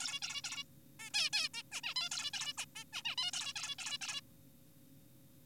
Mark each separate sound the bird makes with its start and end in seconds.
0.00-0.20, 0.22-0.41, 0.44-0.64, 1.00-1.10, 1.14-1.30, 1.33-1.49, 1.54-1.63, 1.72-1.81, 1.84-1.94, 1.96-2.09, 2.12-2.31, 2.34-2.53, 2.58-2.65, 2.76-2.84, 2.93-3.02, 3.05-3.16, 3.18-3.31, 3.34-3.53, 3.56-3.76, 3.79-3.98, 4.02-4.21